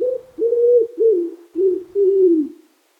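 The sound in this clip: Wood pigeon cooing, a series of low, soft hooting phrases, the last one drawn out and falling, with no other sounds.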